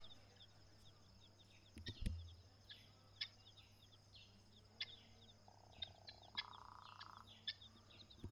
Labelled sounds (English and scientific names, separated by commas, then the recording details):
Helmeted Guineafowl (Numida meleagris)
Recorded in northern Uganda